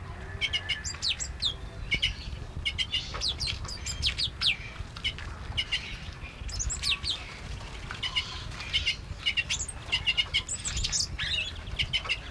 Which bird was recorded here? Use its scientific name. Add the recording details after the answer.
Chloropsis hardwickii. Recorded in captivity. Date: 1971-09-05. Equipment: Halbspur, 9,5 cm/s. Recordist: Lütgens, Hans